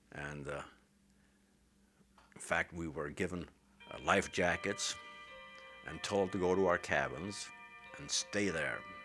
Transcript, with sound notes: and, in fact, we were given lifejackets ( a clock chimes ) and told to go to our cabins and stay there